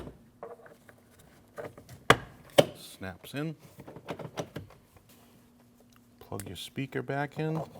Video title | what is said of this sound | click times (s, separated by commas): How to Replace Mirrors 2012-2016 Honda CR-V | Put your cover back on. Snaps in. | 2.1 s, 2.6 s